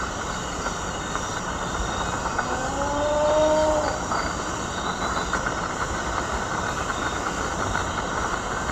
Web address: Natures Songs S America Eastern Lowlands. Tigrisoma lineatum, call